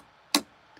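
A plastic part seated on the pins inside an open Abu 6500 C3CT Mag Elite baitcasting fishing reel is held down by a thumb and moved back until it engages. One sharp click at 0.3 s, with a faint tick near 0.8 s. The part is now seated and engaged.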